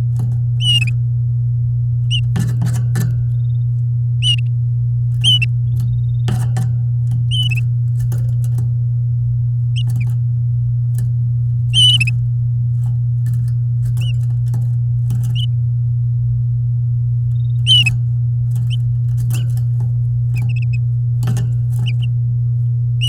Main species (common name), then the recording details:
Domestic Canary. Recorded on 9 May 2018 at 07:29. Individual llb16